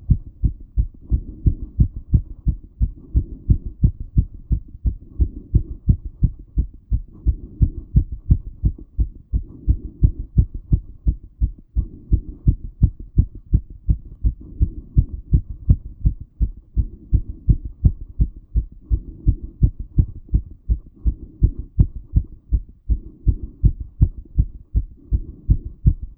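Fast, steady, low-pitched thumps repeat throughout, about 170 sounds a minute, with a soft rhythmic swell in the background. It is a racing heartbeat, a heart rate faster than usual.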